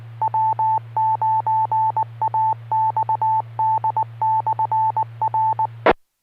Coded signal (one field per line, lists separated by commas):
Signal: Morse code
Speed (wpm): 19 wpm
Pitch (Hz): 880 Hz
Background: none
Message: W9AXD/R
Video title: Friday Night Fun Net | Amateur Radio Worldwide Live Stream Radio | KD9MED